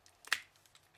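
A plastic figure part from a Transformers Revenge of the Fallen Human Alliance Mudflap toy is pushed into its slot in the torso or vehicle section, with the vehicle door moved out of the way. After a few faint plastic ticks, a sharp, bright click at 0.3 s marks the part seating home, followed by quieter handling noises and a low thump near 1.0 s. The part is confirmed seated.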